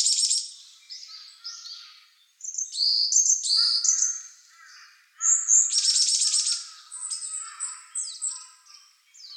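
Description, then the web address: Varied tit calling: a run of sharp, high whistles and buzzy nasal notes in quick succession, with brief gaps between bouts and softer notes underneath. Recorded 9 April 2014. "birdenaga yamagara"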